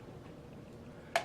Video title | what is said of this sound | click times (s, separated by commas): VX 680 Hardware Overview | them in and push down slightly you'll hear a nice click make | 1.2 s